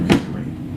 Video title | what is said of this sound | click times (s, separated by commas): Baby Brezza Formula Pro assembly | kind of snaps in place like that | 0.1 s